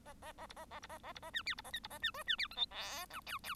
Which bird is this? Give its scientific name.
Lonchura striata domestica